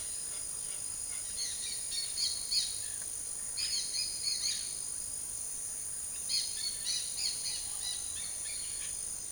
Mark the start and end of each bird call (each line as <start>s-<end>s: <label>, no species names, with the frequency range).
1.33s-2.74s: bird call (1.2-8.1 kHz)
3.52s-4.67s: bird call (1.3-7.6 kHz)
6.29s-8.93s: bird call (0.8-8.5 kHz)